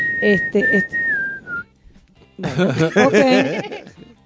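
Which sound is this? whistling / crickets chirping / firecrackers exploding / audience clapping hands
whistling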